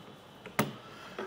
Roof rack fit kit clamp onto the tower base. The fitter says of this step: and just make sure it clicks on